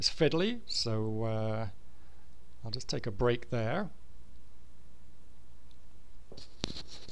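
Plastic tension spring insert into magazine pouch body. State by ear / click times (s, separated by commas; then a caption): seated / 6.6 s. A small plastic tension spring piece is pressed into its hole in the plastic magazine pouch body of a Ghost 360 magazine pouch while someone talks. After the talking stops there are a few faint handling sounds, then a sharp snap at 6.6 s as the spring seats in place.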